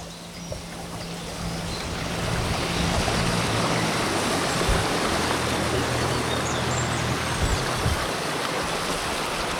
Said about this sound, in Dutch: Een ondiepe punter komt aanvaren.